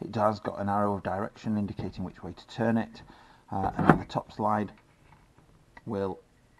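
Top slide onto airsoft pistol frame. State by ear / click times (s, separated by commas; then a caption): not seated / none. Someone talks about a CYMA CM.126 M9 Beretta airsoft electric pistol as its top slide is handled to go back onto the frame, with faint short sharp knocks near 5.1 s and 5.4 s. The clip ends before the slide goes home; nothing has seated yet.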